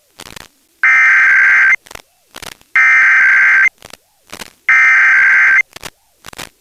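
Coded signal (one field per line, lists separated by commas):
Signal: Emergency Alert System (SAME) tones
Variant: header bursts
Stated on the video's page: Pennsylvania Required Monthly Test relayed by FM radio stations and a TV subchannel, sent about ten minutes late.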